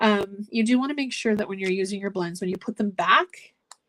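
Someone talks while handling the cap of an alcohol blending marker, which needs to snap shut so the ink does not evaporate. The speech stops shortly before the end, followed by one brief faint tick. The cap has not snapped onto the marker yet.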